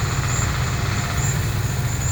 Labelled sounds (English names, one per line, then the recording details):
none
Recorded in pastures near Puerto Asís, Putumayo, Colombia, on 26 December 2024 at 14:00
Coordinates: 0.466, -76.322
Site G040